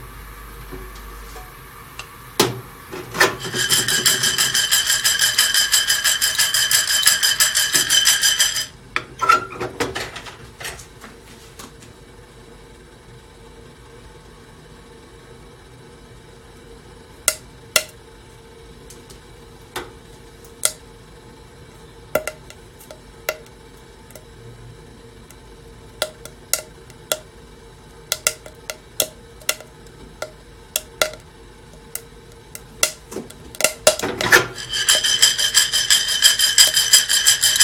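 Coffee beans roasting: a loud whirring rush starts and stops twice, with sparse sharp cracks and ticks popping in the quiet middle stretch.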